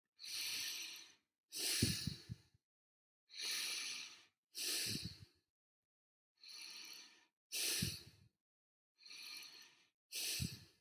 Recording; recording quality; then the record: deep breathing; excellent, no background noise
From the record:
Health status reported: healthy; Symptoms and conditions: diabetes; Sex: male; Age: 57 years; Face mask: not worn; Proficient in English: yes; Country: India